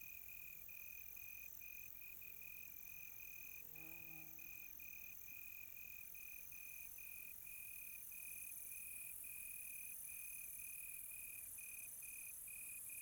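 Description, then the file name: Cricket singing a steady run of high chirps in short bursts, a brief lower warbling sound around the middle, faint higher insect buzzing behind. Quiet tropical night. "quiet tropical night with cricket"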